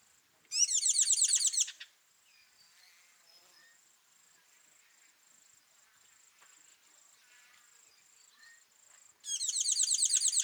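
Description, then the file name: Tinkling cisticola calls in two rapid bursts of bright, metallic, tinkling notes, one at the start and one at the end, with a steady high insect whine between them. Call recorded at Kawelwa, Zambia, on 12 December 2021. "Tinkling Cisticola call ZM Kawelwa"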